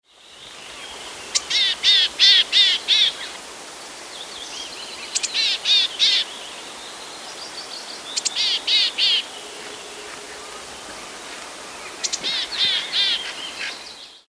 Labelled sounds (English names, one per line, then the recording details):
Grey-headed Chickadee
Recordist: Frommolt, Karl-Heinz
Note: Rufe bei Nahrungssuche